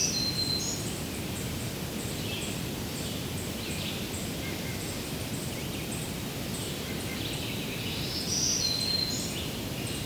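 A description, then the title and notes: Thin, high bird calls repeat steadily over a constant low rumble, with a brighter whistled phrase near the start and again near the end. A July Morning at Hector Falls. Along the trail to Hector Falls I left a recorder for about half a hour. Red-eyed vireos dominate, with the occasional Black-throated Green Warbler, White-breasted Nuthatch, and a number of other songbird species. With a Zoom F1 recorder at Hector Falls Trail in Allegheny National Forest, Pennsylvania, USA.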